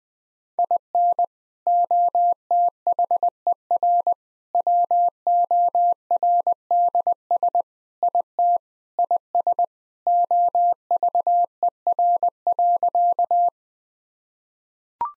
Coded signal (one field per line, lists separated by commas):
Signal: Morse code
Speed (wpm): 20 wpm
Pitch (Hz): 700 Hz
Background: none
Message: IN OTHER WORDS IT IS OVER.